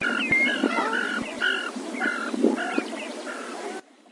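Ferruginous duck calls: a rapid run of short nasal notes that cuts off abruptly near the end.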